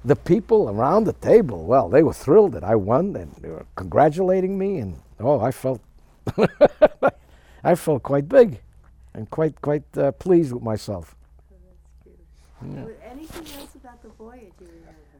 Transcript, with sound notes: people around the table, well, they were thrilled that I won. They were congratulating me and, oh, I felt... ( he laughs ) I felt quite big, and quite - quite pleased with myself.
Anything else about the voyage you remember?